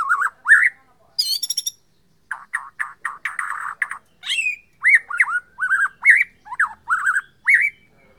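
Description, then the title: White-rumped shama song: loud clear whistles, harsh rattling bursts, then a string of upslurred, looping whistled notes repeated in quick succession. Borneo form. "MURAI BORNEO MAS KIKI"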